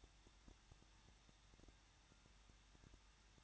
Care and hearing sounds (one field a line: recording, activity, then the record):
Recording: daily activity, microphone in the room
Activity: no activity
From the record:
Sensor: 3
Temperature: 21.2 degrees Celsius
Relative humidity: 36.3%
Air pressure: 1006.3 hPa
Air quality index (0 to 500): 222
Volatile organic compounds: 41 ppm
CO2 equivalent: 3164 ppm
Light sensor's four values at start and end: 2/3/2/2 and 2/3/2/2